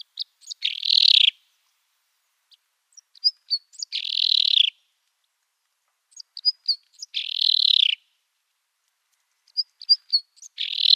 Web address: Schulze Peter Common Crossbill song